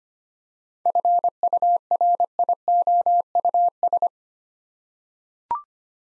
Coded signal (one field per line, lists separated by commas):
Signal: Morse code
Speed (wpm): 25 wpm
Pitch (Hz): 700 Hz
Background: none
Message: FURIOUS